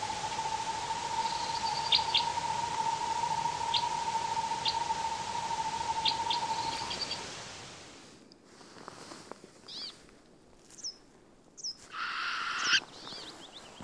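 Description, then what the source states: Northern Hawk Owl song: a long, rapid trill held on one steady pitch for about seven seconds, with a few brief high chirps, then faint scattered sounds. Played to show how the hawk owl sounds.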